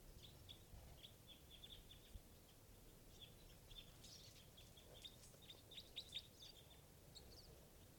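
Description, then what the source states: Red Crossbill calls, many short sharp chip notes from a flock overlapping throughout, with steady low background noise. Type 2 Red Crossbill; a large flock had just arrived; one bird, number 387, was calling loudly.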